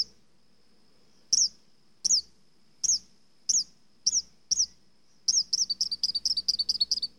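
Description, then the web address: Mockingbird song: a high, sharply downslurred note repeated at short intervals, then a quicker run of similar chirps near the end. "bird mocking song animal"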